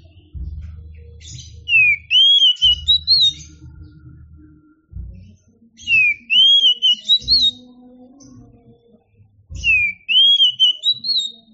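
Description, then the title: Oriental magpie-robin song: three bright whistled phrases roughly every four seconds, sweeping upward then trilling, accompanied by an intermittent low rumble. Champion singing bird; kacer song. "Kicau Burung Kacer Juara"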